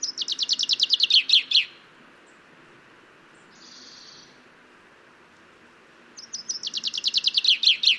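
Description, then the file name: Common chaffinch song: a descending series of high notes ending in a flourish, then a second phrase after a pause of several seconds. "Fringilla coelebs"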